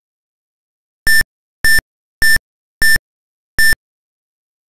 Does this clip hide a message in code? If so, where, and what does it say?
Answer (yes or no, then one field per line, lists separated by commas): no